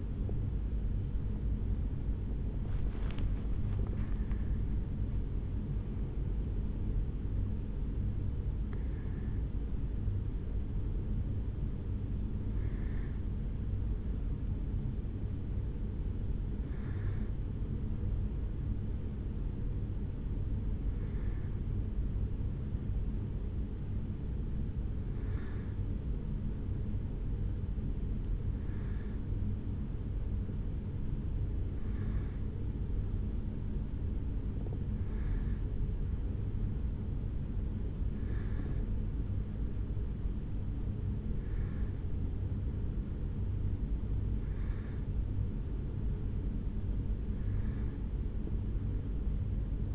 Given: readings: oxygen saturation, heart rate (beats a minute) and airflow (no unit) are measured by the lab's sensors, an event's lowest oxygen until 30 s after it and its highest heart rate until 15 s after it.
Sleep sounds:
a person awake in a sleep study, by a smartphone at the bedside; none
0.00-49.95 s: awake
From the record:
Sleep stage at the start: awake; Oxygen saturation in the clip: 93 to 95%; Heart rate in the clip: 71 to 77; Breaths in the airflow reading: 14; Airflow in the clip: -5.1 to 6.3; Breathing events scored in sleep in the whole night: 449 in 7.0 hours asleep

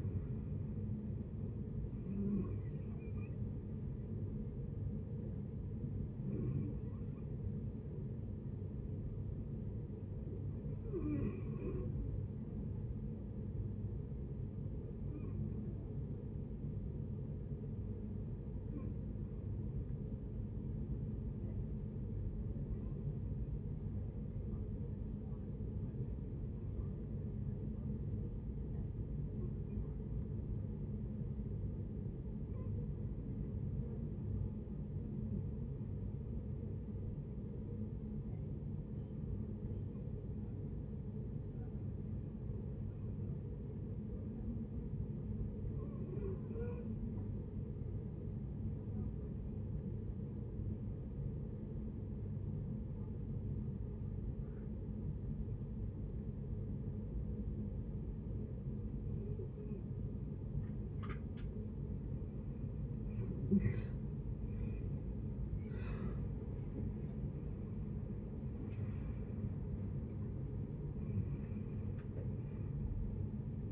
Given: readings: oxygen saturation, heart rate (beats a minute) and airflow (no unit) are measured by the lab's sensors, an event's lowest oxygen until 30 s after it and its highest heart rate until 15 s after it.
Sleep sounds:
breathing in sleep by a smartphone at the bedside; 1
9.00-62.20 s: hypopnea (REM, oxygen 95% highest, then 63% lowest)
64.00-73.71 s: new sleep stage, N1 (lightest sleep)
From the record:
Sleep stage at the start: REM sleep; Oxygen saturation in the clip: 67 to 95%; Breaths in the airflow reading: 18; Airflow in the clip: -14.2 to 13.3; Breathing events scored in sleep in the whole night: 496 in 5.4 hours asleep

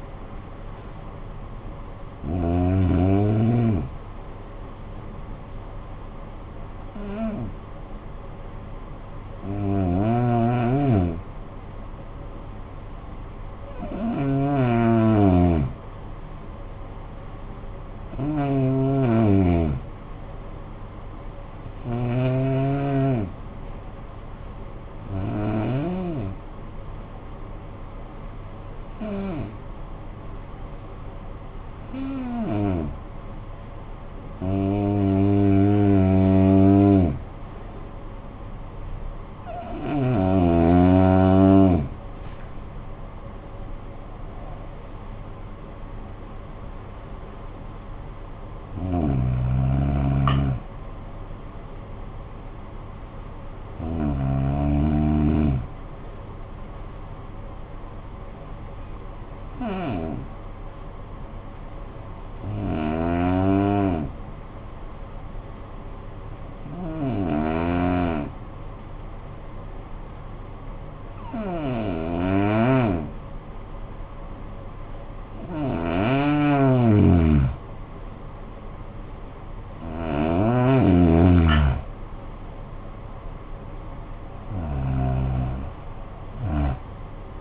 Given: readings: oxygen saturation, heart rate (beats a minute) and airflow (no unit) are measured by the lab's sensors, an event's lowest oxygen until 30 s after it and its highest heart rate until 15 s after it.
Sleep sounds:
breathing in sleep by a smartphone at the bedside; 2
11.00-36.00 s: hypopnea (N2, oxygen 94% highest, then 84% lowest, heart rate 50 at the start, 63 highest)
41.00-71.00 s: new sleep stage, N1 (lightest sleep)
60.00-78.60 s: hypopnea (N1, oxygen 96% highest, then 85% lowest, heart rate 49 at the start, 64 highest)
71.00-87.41 s: new sleep stage, N2 (light sleep)
From the record:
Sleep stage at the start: N2 (light sleep); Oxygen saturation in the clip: 81 to 96%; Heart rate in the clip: 46 to 68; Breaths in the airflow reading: 21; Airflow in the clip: -13.2 to 11.7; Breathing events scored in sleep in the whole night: 445 in 7.6 hours asleep

